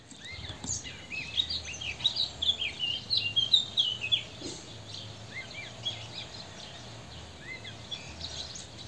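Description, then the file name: Eurasian blackcap song: a rapid, jumbled warbling phrase lasting about three seconds, followed by scattered chirps, over a steady low hum. "Sylvia atricapilla"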